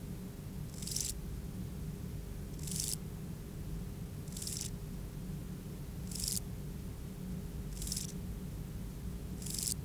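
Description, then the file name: Grasshopper stridulation: six brief buzzy, scratchy chirps spaced about 1.7 seconds apart, very regular, with a constant low background hum. "Euchorthippus pulvinatus"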